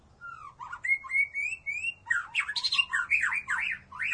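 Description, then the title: White-rumped shama song: a series of clear rising whistles, then a fast jumble of chattering, scratchy and slurred notes. Mixed bird song featuring the shama. "Burung Campur3. Murai Batu"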